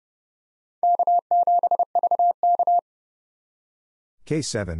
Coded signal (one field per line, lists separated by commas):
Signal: Morse code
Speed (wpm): 29 wpm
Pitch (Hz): 700 Hz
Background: none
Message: K7VK